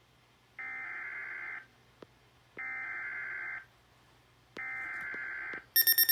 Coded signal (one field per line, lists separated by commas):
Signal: Emergency Alert System (SAME) tones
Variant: header bursts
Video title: Weatheradio Canada XLM 572 EAS GLITCH! Broadcast Malfunction?